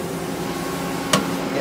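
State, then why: Seated. A lathe tool for a Mori Seiki SL-200 lathe is put back into its storage holder after measuring, pressed into its compartment against a steady low background hum. It snaps right in with a single sharp click at 1.1 s, and the tool is seated.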